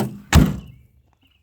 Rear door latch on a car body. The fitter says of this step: Oh, this back door locks.